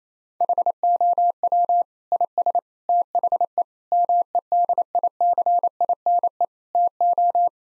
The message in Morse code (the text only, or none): HOW IS THE MEDICINE TO